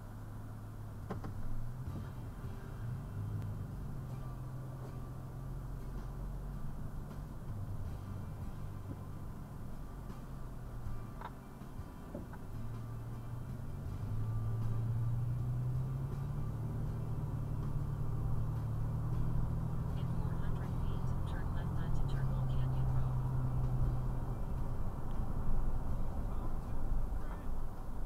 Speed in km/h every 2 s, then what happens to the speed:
0, 5, 8, 5, 5, 3, 8, 15, 21, 27, 32, 35, 35, 27.
0-4 pulls away to 8. 4-11 steady at about 5. 11-21 speeds up to 35. 24-28 slows to 27.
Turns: 7-16.